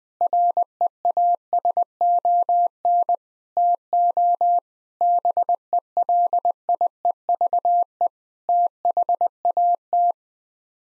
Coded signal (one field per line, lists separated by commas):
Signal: Morse code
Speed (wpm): 20 wpm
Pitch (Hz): 700 Hz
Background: none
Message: REASON TO BELIEVE THAT